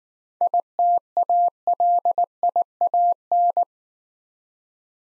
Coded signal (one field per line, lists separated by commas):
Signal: Morse code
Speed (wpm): 19 wpm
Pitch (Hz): 700 Hz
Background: none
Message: ITALIAN